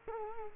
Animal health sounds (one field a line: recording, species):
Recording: mosquito wingbeat signal from an infrared sensor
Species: Culex quinquefasciatus